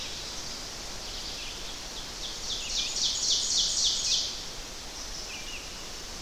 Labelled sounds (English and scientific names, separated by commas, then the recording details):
Ovenbird (Seiurus aurocapilla) song
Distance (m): 15 m
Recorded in boreal forest in Alberta, Canada, on 10 June 2016 at 06:54
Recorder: SongMeter 3, array SBT-3-39
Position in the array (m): 198 m, 76 m
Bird 17